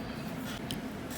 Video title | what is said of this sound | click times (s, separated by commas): Apple iPod Classic Repair Ep. 98: 5th Gen Upgraded to 256GB And High Capacity Battery | Take your paperclip tool and run it along the back side until you hear that little click, like that. | 0.7 s